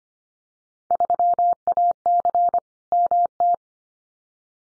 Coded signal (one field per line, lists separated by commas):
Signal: Morse code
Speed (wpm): 25 wpm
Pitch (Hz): 700 Hz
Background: none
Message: 3AC MT